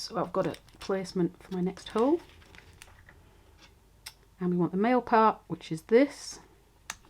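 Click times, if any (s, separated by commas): 6.9 s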